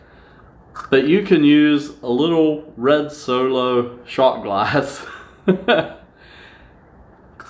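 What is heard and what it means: Someone talks while a small red plastic shot glass is pressed into a plastic hydroponic basket cup. A short click at 7.4 s marks the shot glass popping into the basket cup, and it is seated.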